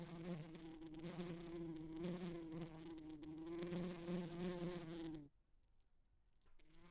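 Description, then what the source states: Bee buzzing steadily in a low, droning hum with slight wavering pitch, stopping abruptly near the end before a brief faint return. Buzzing against a window, in stereo.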